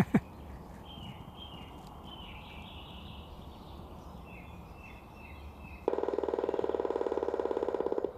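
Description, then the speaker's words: Grey-headed Woodpecker drumming: a fast, even roll of hollow strikes lasting a couple of seconds near the end, after faint birdsong over background hiss. Drumming on a fairly new nest box chosen as a sounding board, lasting a couple of seconds. "Katsopas Juha sieltä virityksistä, että oliko siellä se harmaa päätikka, joka koputtelee"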